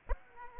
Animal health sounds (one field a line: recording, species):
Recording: mosquito wingbeat signal from an infrared sensor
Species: Aedes aegypti